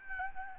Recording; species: mosquito wingbeat signal from an infrared sensor; Aedes albopictus